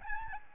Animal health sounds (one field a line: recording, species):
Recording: mosquito wingbeat signal from an infrared sensor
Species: Aedes albopictus